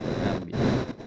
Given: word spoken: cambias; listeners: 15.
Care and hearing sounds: one Spanish word in noise, from a listening test; noise modulated by one talker; -10.7 dB; 1 of 15; 7 of 15; 0.67 s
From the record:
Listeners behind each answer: 7, 2, 2, 1, 1, 1, 1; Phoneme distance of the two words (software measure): 17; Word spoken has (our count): 2 syllables, 7 phonemes, stress on syllable 1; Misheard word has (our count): 2 syllables, 6 phonemes, stress on syllable 1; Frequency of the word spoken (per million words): 0.60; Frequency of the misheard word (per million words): 306.85

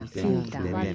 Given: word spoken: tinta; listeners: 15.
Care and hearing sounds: one Spanish word in noise, from a listening test; four-talker babble; 0.3 dB; 0 of 15; 13 of 15; 0.55 s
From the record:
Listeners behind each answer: 13, 1, 1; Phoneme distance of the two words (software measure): 10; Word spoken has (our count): 2 syllables, 5 phonemes, stress on syllable 1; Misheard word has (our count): 2 syllables, 5 phonemes, stress on syllable 1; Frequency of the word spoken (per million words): 10.24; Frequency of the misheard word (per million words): 19.43

